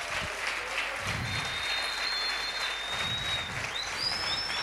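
A church audience applauds for God in a dense, steady wash of clapping that lasts the whole time, with a thin, high whistling tone gliding faintly above it.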